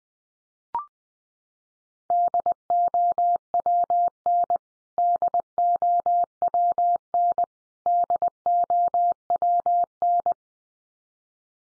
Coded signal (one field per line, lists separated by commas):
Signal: Morse code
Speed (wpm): 20 wpm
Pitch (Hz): 700 Hz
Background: none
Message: DOWN DOWN DOWN